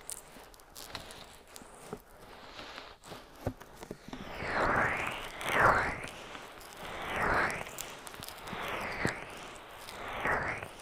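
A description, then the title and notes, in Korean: Ear massage with oil and bare hands. The first few seconds hold only scattered soft clicks and faint sticky taps. Then slow, swelling rubbing strokes take over, a hissy slick swish rising and fading about every one and a half seconds until the end. ASMR 3dio 귀마사지 오일+맨손 ear massage.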